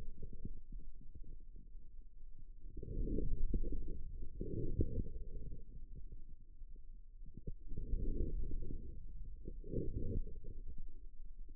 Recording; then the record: forearm muscle sounds (acoustic myography)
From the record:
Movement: inward rotation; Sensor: system 2, bracelet of six BSWA MPA416 microphones around the upper forearm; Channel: 4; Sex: male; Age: 22 years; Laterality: right